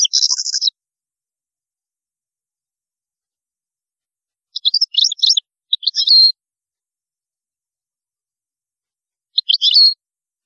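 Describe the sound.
European goldfinch song in short bursts of high, tinkling twitters, a quick phrase at the start and a few brief fragments later, with silent gaps between.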